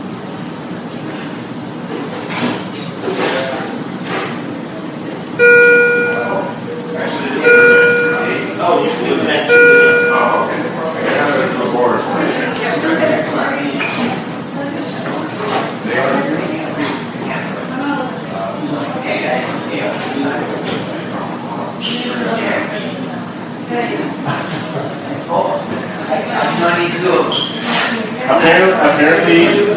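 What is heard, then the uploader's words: A hospital emergency room, full of overlapping voices talking at once in a steady, dense murmur. Between about five and ten seconds, a repeating electronic beep tone sounds three times over the chatter, and brief clatters and knocks come through the crowd noise. Hospital Emergency Room.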